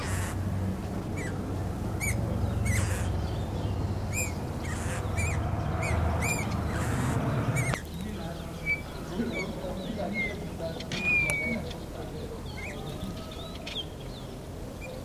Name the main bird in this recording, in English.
Eurasian Bullfinch